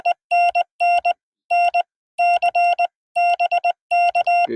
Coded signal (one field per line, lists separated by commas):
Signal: Morse code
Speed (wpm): 20 wpm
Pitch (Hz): 700 Hz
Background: none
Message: E NN NC BK